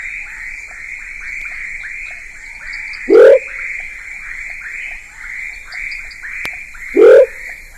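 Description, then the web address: Giant thin-toed frog calling with two loud rising whoops, roughly four seconds apart, over a dense background chorus of quick, repeating higher notes from other frogs. Ecuadorian Amazon, South America. "Natures Songs S America Frogs of Ecuadorian Amazon Leptodactylus stenodema"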